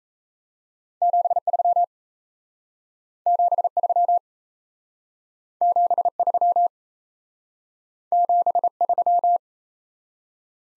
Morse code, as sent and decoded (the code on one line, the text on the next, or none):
--... ...-- / --... ...-- / --... ...-- / --... ...--
73 73 73 73